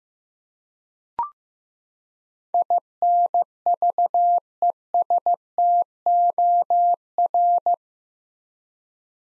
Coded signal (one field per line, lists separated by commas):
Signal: Morse code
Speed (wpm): 16 wpm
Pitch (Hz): 700 Hz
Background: none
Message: INVESTOR